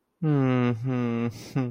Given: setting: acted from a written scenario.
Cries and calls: vocal sound without words; romantic love

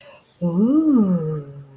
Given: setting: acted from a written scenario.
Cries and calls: vocal sound without words; positive surprise

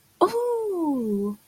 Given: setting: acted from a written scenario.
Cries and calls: vocal sound without words; positive surprise

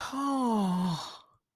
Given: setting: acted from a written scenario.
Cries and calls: vocal sound without words; elation

